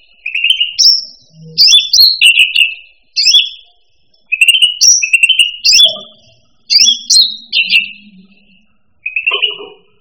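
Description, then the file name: Cucak rante song: quick sequence of short buzzy trills and sharp high notes in rapid bursts separated by short pauses over ten seconds. "suara burung cucak rante. omkicau"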